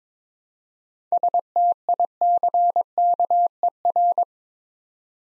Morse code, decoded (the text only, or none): STICKER